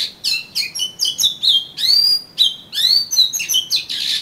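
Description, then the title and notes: Oriental magpie-robin song: fast, dense stream of sweet whistles, upsweeps and buzzy notes, barely pausing. "suara kacer. kumpulan suara burung kacer"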